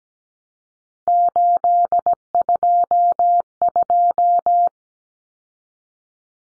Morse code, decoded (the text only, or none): 822